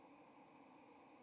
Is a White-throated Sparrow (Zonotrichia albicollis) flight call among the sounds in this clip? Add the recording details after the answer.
no. Another species' flight call is heard. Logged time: 06:48 on 30 October 2014